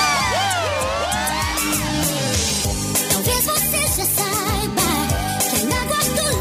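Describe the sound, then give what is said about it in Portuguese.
A crowd at a live baile show screams and cheers loudly and continuously when called on to shout, with many overlapping high-pitched shrieks and whoops rising and falling over a dense, steady roar for several seconds. “E quem não tem, também dá um gritinho.”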